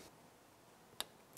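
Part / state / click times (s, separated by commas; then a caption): small metal boot clamp on the CV boot of a UTV front half shaft / seated / 1.0 s. A clamp tool squeezes the two points of the small metal ear clamp on a new rubber CV boot on the front half shaft of a Polaris Ranger 900 XP UTV. The clamp closes with a sharp, bright click at 1.0 s, followed by a fainter tick at about 1.4 s as the tool is let go, confirming the clamp is seated.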